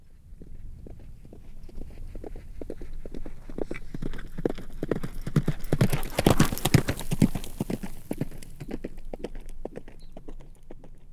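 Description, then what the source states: Horse hoofbeats in a fast gallop, thudding strikes building louder toward the middle and fading again as the animal passes. Fast gallop passing by.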